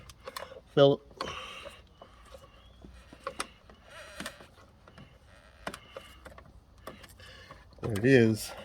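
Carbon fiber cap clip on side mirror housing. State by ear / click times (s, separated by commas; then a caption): not seated / none. A carbon fiber mirror cap with a plastic clip is handled against the side mirror housing of a 2016 Lexus RC-F. Short, sharp taps and scrapes are heard while someone talks, with brief louder bursts near the start and end. Nothing has seated or snapped into place yet.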